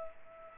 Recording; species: mosquito wingbeat signal from an infrared sensor; Culex pipiens